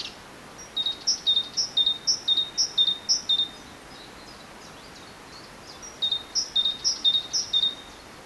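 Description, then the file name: Great tit song in two bouts of paired high-low notes repeated twice a second, about five pairs then three or four, separated by a quiet gap of a couple of seconds. "Parus major"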